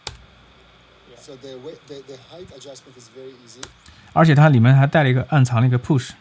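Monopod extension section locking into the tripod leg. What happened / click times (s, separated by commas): The extending leg section snapped into its lock / 0.1 s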